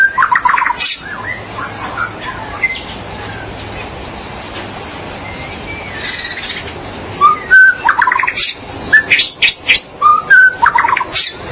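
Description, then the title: Magpie-robin or shama song: a few sharp notes at the start, a quieter stretch, then bursts of rapid buzzy trills and sharp whistled notes in the final seconds. "BM Suara Burung Murai"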